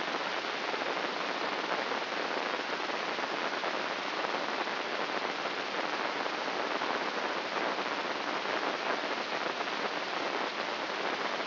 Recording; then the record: brain microelectrode recording played as sound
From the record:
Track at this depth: outside the subthalamic nucleus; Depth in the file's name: 8.228 mm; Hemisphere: left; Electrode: 3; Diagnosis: Parkinson's disease